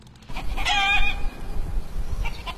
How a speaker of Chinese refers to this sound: 走在陶棚村的山路上，可以听到远处农家院子里母鸡的叫声，四周群山环绕，植被茂密。